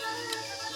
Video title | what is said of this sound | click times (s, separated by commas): Weapons Training - 1 with Leslie Sexton | be aware of where your muzzle is close it and listen for that click there | 0.3 s